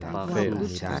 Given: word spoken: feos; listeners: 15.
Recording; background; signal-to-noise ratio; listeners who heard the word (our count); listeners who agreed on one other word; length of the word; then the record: one Spanish word in noise, from a listening test; four-talker babble; -1.8 dB; 0 of 15; 8 of 15; 0.60 s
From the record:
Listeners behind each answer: 8, 3, 1, 1, 1, 1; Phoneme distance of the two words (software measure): 41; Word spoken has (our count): 2 syllables, 4 phonemes, stress on syllable 1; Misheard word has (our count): 2 syllables, 5 phonemes, stress on syllable 2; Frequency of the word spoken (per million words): 1.80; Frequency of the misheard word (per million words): 194.69